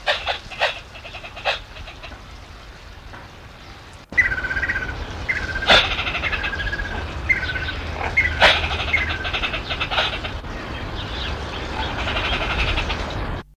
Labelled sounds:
Ross's Turaco (Musophaga rossae) call
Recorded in captivity
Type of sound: call
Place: Zoo Köln
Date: 1972-02-22
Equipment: Halbspur, 9,5 cm/s
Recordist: Lütgens, Hans
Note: Rufe

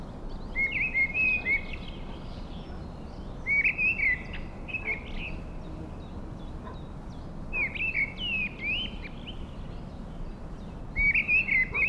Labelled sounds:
Mistle Thrush (Turdus viscivorus) song
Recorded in the wild
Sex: male
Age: adult
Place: Mirnock, Kärnten, AT
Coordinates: 46.75, 13.7
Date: 1967-05-01
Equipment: Hornyphon Bandgerät, Phillips Mikrofon Type EL 6020
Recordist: Brunner, Thomas

